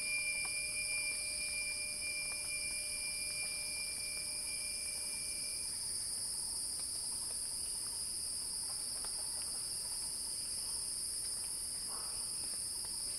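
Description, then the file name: Cicada song as a steady piercing buzz, accompanied through the first half by a thin sustained whistle tone that then stops. Cicada song building as a crescendo. "earth-fm Axel-Drioli Cicada-Crescendo-Sounding-Wild"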